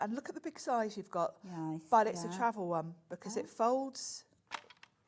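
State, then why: Seated. A plastic travel paint palette is folded closed, and its two halves snap together into the palette's closure. Someone talks until about 4.2 seconds, then the palette clicks shut at 4.6 seconds, followed by a few faint plastic ticks. The palette is seated, clicked into place.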